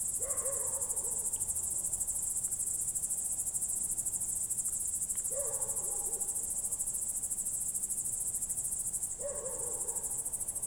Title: Goworów 6, 57-515, Poland - World Listening Day/Night 18/07/2022-night crickets